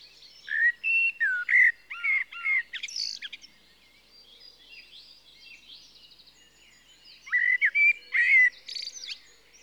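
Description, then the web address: Common blackbird singing: clear, mellow whistled notes leading into a high squeaky flourish, then a quiet gap with twittering before another fluted phrase begins. "The BBC Sound Effects Library. Blackbird (Turdus Merula)"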